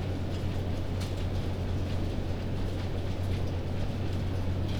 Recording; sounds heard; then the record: poultry house recording; no chicken sound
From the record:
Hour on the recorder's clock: 1